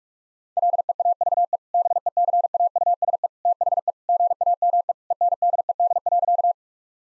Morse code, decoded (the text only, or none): LEAVE BECAUSE THE GAME ENDED.